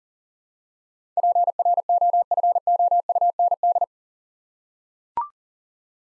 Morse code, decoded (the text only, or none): PROFOUND